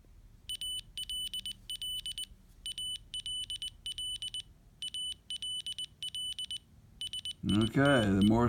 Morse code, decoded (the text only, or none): ALL ALL ALL SITE